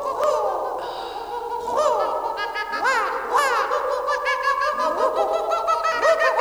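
A raucous kookaburra laughing call, loud rolling chuckles and rising, falling hoots that overlap and build into a busy, continuous cackling chorus for several seconds, with no voices present.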